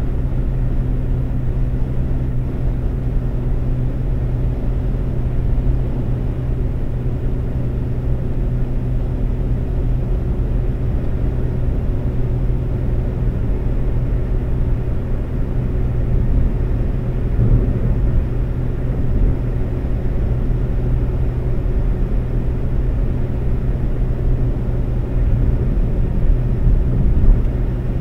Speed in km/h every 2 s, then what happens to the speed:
132, 132, 132, 132, 132, 132, 132, 132, 132, 132, 132, 132, 132, 132.
0-28 steady at about 132.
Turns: none.